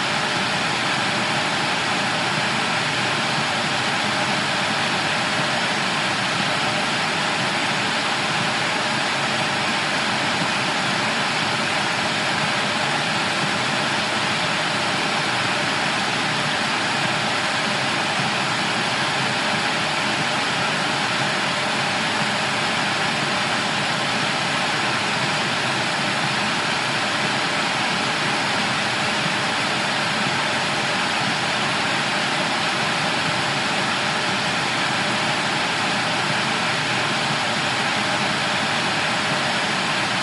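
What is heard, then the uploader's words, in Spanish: Static hiss from a television with no signal runs unbroken for the full forty seconds. The noise is dense and even, filling everything from low rumble to bright hiss at a constant level, with a faint thin whine near the top and no separate events. Televisión Blanca. Ruido blanco. Sonido de la televisión sin señal. Se parece al sonido de la lluvia.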